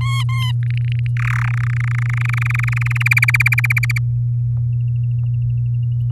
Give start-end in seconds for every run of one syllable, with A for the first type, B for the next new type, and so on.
0.01-0.52 A, 0.63-1.07 B, 1.17-1.49 C, 1.50-2.92 D, 2.95-3.98 E